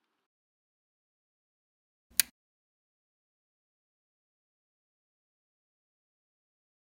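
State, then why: Seated. A small plastic keycap is centered over its hinge clip on a laptop keyboard (listed for the ASUS UX370U / UX370UA and Lenovo Legion LC41) and pushed down. Near silence is broken by one sharp click at 2.2 s as the keycap snaps into place and seats, followed by silence.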